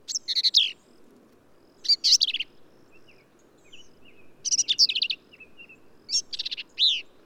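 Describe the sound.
Black-capped vireo singing short, choppy, rattling phrases with thin buzzy notes, repeated every few seconds, with faint chirps in between.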